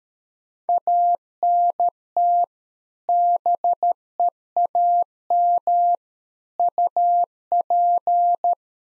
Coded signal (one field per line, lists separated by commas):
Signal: Morse code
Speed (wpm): 13 wpm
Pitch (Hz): 700 Hz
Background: none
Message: ANT BEAM UP